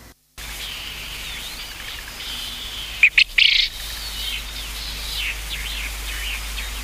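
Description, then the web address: Japanese quail call, a short burst of three fast, scratchy notes, while other small birds chirp softly in the background. "sikioto. uzura"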